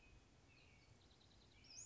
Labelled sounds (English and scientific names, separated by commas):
Western Flycatcher (Empidonax difficilis)